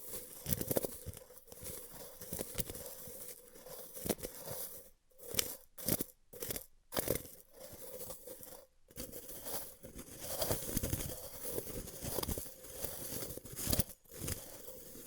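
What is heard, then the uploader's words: A band aid being ripped off: dense crackly tearing and crinkling bursts, broken by short silent gaps around five to nine seconds. ASMR Ripping Off the Band Aid (No Talking).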